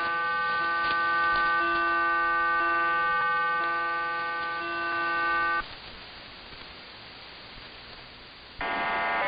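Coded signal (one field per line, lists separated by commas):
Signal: numbers station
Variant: HM01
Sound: dense chord of many steady tones, a pause of hiss, then the tones return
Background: radio static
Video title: 27 12 2021 Cuban Spy Number HM01 in Spanish 0628 on 10345 Bejucal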